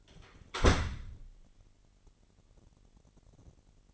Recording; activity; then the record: daily activity, microphone in the room; close door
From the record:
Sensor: 4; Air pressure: 999.2 hPa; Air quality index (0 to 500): 114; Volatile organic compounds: 2 ppm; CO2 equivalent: 1125 ppm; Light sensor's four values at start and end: 13/30/12/13 and 13/31/12/13